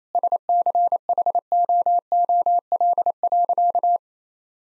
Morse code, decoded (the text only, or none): SCHOOL.